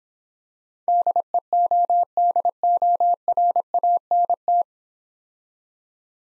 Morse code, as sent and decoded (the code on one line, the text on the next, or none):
-.. . --- -.. --- .-. .- -. -
DEODORANT